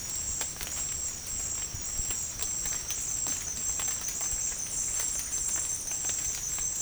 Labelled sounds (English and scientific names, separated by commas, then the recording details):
none
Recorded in dense forest near Puerto Asís, Putumayo, Colombia, on 27 June 2025 at 17:00
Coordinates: 0.503, -76.323
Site G059